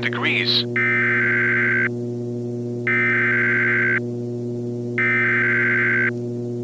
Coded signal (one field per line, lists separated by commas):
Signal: Emergency Alert System (SAME) tones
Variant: header bursts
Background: speech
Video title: Thunderstorm Part 1 Redux (EAS Scenario)